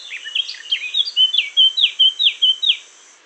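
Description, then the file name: Eurasian blackcap singing a brief hurried warble, then a string of six or seven bright, fluty whistled notes repeated evenly before stopping. "Sylvia atricapilla"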